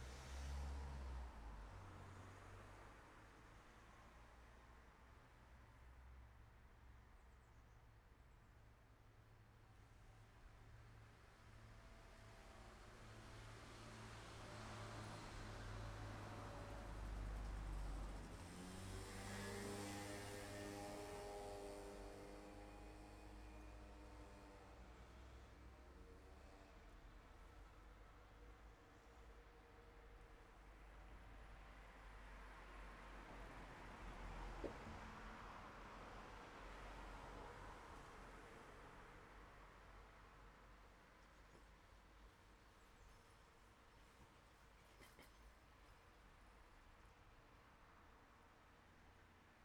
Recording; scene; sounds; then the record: everyday scene through a hearing-aid microphone; in traffic; traffic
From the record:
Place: city secondary road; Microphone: behind the ear, left, front